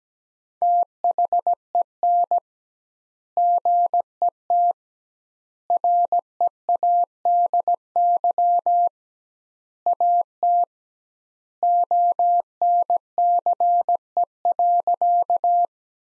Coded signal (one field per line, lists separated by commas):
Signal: Morse code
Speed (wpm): 17 wpm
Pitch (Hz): 700 Hz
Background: none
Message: THEN GET READY AT ONCE.